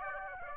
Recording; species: mosquito wingbeat signal from an infrared sensor; Aedes aegypti